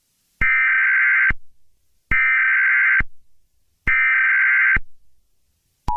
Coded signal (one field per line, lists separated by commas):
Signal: Emergency Alert System (SAME) tones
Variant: header bursts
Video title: EAS Scenario #3: The Werewolf Invasion. Part Two